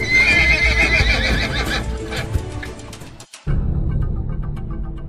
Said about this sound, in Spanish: Dicen que solo con escuchar sabía cuántos caballos se acercaban.